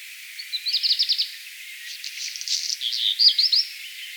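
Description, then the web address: Black redstart singing a quick rattled trill followed by scratchy, crackling notes and a short high whistle at the end. "vogelstimmen hausrotschwanz gesang nabu lars lachmann"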